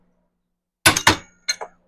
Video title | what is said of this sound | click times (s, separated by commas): Ducati 900SS Clutch fix | You hear that click? | 0.9 s, 1.1 s